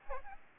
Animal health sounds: mosquito wingbeat signal from an infrared sensor; Aedes aegypti

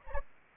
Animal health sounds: mosquito wingbeat signal from an infrared sensor; Anopheles arabiensis

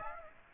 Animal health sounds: mosquito wingbeat signal from an infrared sensor; Aedes aegypti

